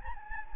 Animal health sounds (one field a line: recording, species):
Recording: mosquito wingbeat signal from an infrared sensor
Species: Anopheles gambiae